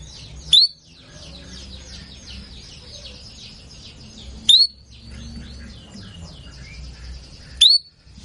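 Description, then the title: Canary singing long rolling trills, interrupted three times by loud, sharp rising chip notes. Sound of a female canary in heat, used as a lure to stimulate Belgian canaries and as therapy for canaries that will not sing. "Canto Para Esquentar Canário Belga. Pancingan suara kenari betina birahi untuk TERAPI KENARI MACET bunyi"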